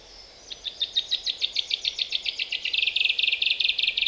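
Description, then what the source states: Common chaffinch song: a series of bright, evenly spaced high notes that quickens into a dense, rapid trill at the end, over soft background hiss. Recorded at Glashütte, Germany, on 5 June 2015.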